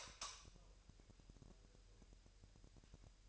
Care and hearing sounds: daily activity, microphone in the room; light on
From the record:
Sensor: 2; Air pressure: 1001.8 hPa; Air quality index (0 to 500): 241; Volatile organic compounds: 32 ppm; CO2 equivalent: 2991 ppm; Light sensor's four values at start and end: 4/10/4/4 and 8/22/9/9

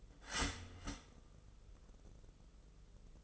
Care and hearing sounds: daily activity, microphone in the room; start toaster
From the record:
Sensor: 4

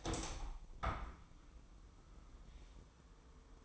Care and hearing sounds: daily activity, microphone in the room; open window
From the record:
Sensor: 1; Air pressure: 999.8 hPa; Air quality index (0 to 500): 235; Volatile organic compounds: 103 ppm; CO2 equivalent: 3775 ppm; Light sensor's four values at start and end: 10/25/10/11 and 11/27/11/12

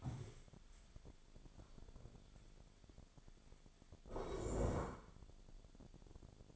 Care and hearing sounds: daily activity, microphone in the room; stand up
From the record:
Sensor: 5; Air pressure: 1000.5 hPa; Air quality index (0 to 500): 148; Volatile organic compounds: 2 ppm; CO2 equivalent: 1144 ppm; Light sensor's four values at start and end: 47/110/46/48 and 47/111/46/49

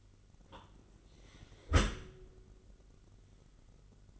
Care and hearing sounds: daily activity, microphone in the room; close dishwasher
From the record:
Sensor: 4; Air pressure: 999.0 hPa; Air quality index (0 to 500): 126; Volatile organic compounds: 2 ppm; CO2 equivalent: 1243 ppm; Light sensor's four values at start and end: 7/17/6/7 and 7/17/7/7

